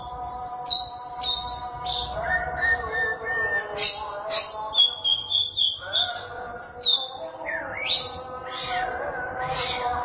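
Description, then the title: Oriental magpie-robin song, varied whistled phrases with rising and falling notes and buzzy elements, with a steady low hum in the background. Chirping song (kicauan) of the bird. "Suara Kicauan Burung Kacer Durasi Panjang"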